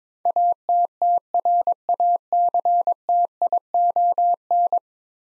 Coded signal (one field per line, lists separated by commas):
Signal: Morse code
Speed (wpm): 22 wpm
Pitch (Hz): 700 Hz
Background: none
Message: ATTRACTION